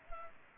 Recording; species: mosquito wingbeat signal from an infrared sensor; Culex pipiens